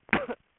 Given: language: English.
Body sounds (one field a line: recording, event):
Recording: throat vibration sensor signal played as sound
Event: cough